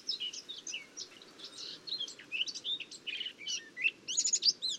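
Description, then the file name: Eurasian blackcap song: a rapid, varied warble of high chirps and twittering notes, ending in a brighter burst of clear phrases near the close. "Sylvia atricapilla"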